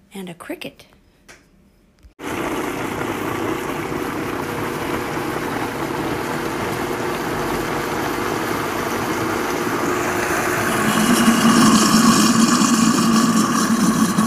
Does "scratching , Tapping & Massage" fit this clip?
no